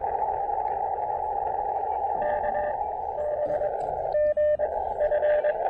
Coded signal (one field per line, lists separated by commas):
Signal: Morse code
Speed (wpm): 20 wpm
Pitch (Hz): 590 Hz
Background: radio noise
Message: KBGF